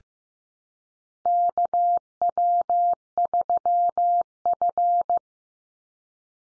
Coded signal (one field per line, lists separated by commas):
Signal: Morse code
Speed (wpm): 15 wpm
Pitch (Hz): 700 Hz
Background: none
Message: KW3F